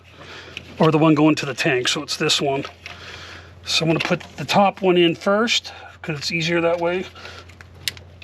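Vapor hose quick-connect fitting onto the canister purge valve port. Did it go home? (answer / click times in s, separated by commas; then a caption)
yes / 7.9 s. Someone talks while pushing the top vapor hose's plastic quick-connect fitting onto the upper port of a new canister purge valve on a Ford Ranger, which is getting the purge valve replaced because it won't fill up with gas. A sharp click sounds at 7.9 s as the EVAP hose quick-connect seats on the purge valve.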